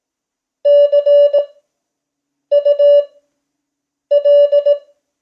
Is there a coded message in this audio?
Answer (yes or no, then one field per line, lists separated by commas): yes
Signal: Morse code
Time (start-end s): 0.7-4.7 s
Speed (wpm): 18 wpm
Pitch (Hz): 580 Hz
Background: none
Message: CUL